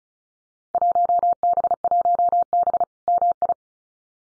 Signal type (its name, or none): Morse code